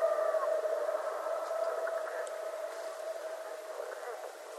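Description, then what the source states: Coyote howling, several steady drawn-out tones held together, one higher note bending down early, fading gradually throughout. Several coyotes, recorded 21 January 2012.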